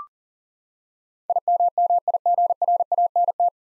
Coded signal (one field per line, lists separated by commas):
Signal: Morse code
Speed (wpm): 40 wpm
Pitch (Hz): 700 Hz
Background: none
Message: IMMIGRANT